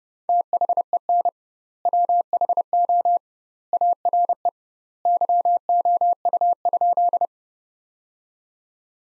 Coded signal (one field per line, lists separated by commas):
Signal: Morse code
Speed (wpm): 30 wpm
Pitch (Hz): 700 Hz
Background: none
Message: THEN WHO ARE YOU?